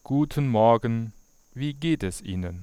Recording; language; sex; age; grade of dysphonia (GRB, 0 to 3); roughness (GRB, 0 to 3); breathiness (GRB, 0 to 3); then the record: spoken sentence; German; male; 40 to 49 years; 0; 0; 0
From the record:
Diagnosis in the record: healthy voice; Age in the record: 44 years